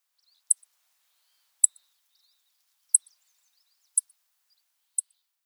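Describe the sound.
Chipping sparrow calls: very high, thin single chips, each with a faint echo note, repeated about once a second in otherwise quiet surroundings.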